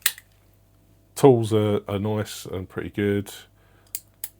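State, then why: Seated. A folding implement on a metal multitool is opened until its lock engages with the satisfying click typical of its brand. A sharp tick at the very start is followed by someone talking. The lock seats with one of two sharp metallic clicks at 4.0 s and 4.2 s.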